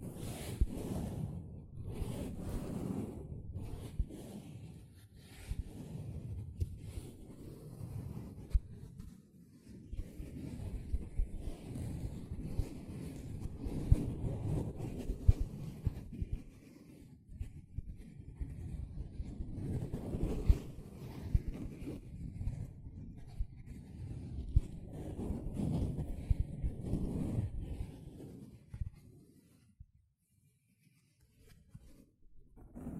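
A sponge being worked, with dense, continuous low squishing and rubbing that swells and eases in rough waves, brief sharper scratches cutting through now and then. The activity keeps up for about half a minute, then drops to near silence with only faint scrapes at the end.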